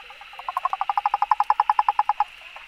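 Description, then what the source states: Frog call, one rapid train of many pulsed notes lasting under two seconds. Recorded 15 June 2013.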